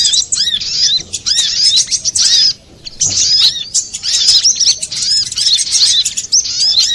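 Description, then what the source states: Little spiderhunter singing in rapid bursts of thin, high twittering notes with arched whistles, a short silent break midway, then the chatter resumes. Masteran, used for training cage birds.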